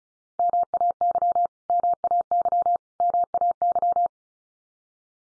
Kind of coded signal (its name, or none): Morse code